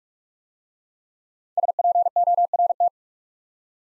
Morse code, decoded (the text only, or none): SPORT